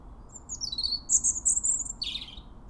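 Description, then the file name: European robin song, a rapid run of very high thin whistles and trills, ending in a short, lower twittering finish. "Erithacus rubecula"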